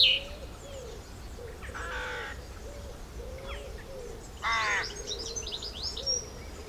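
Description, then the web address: Birds calling over a steady low rumble: soft low cooing notes repeat throughout, with a few thin whistles and two bursts of brighter chirping. Countryside. "Tom Hutchings Birds Country"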